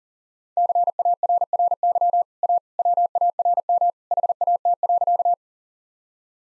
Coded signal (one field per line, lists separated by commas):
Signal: Morse code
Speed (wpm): 37 wpm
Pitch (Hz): 700 Hz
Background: none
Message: CARRY A WARM HAT.